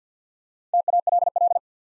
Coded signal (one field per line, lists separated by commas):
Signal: Morse code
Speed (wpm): 50 wpm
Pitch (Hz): 700 Hz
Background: none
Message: TALL